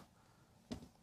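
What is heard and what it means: A camera body is taken off its telescope adapter or T-ring by turning its bayonet mount. After a quiet stretch, one sharp hit comes at 0.7 s as the mount lets go. The camera is released from the adapter.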